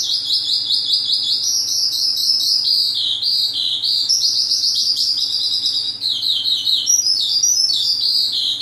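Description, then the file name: Oriental skylark pouring out an unbroken stream of high, rapid trills and chattering notes throughout, with a faint mechanical hum below. Vietnam. "suara-kicauan-sonca-branjangan-vietnam -omkicau"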